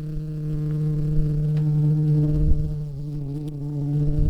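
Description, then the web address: Red-shanked carder bee queen buzzing: a steady, low, rich droning hum with many overtones, rising and falling slightly in loudness without a break. "Ruderarius queens"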